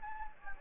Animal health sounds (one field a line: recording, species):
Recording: mosquito wingbeat signal from an infrared sensor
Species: Anopheles gambiae